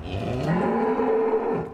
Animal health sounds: contact call of a hoofed animal; cattle; low-frequency (closed-mouth) or high-frequency (open-mouth) call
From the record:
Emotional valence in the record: positive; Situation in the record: visual reunion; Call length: 1.74 s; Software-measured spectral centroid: 1090 Hz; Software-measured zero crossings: 1060 a second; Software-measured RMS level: -24 dBFS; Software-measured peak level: -12 dBFS

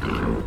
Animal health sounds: contact call of a hoofed animal; wild boar; grunt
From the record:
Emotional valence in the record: negative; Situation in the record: naturally occurring agonistic interactions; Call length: 0.47 s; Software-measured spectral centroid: 1520 Hz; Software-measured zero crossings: 1080 a second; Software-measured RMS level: -24 dBFS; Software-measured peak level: -11 dBFS

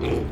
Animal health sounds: contact call of a hoofed animal; pig; closed-mouth grunt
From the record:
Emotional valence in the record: positive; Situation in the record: food and toys in familiar pen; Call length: 0.32 s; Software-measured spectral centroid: 1630 Hz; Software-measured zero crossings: 900 a second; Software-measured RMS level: -25 dBFS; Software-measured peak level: -17 dBFS

